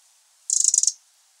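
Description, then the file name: Eurasian wren giving one short, dry rattle of rapid high ticking pulses lasting about half a second, with silence around it. "Troglodytes troglodytes"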